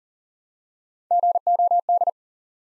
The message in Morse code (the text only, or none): GOD